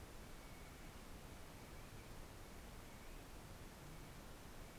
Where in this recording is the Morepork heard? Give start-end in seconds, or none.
none